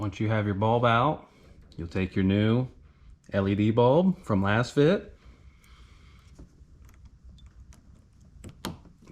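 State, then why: Seated. Someone talks while holding a new Lasfit wedge-base LED backup bulb for a 2020 Toyota RAV4, then there is a quiet stretch with a few faint ticks. The bulb is pushed into the backup light socket in the tail-light and seats with a sharp click at 8.7 s.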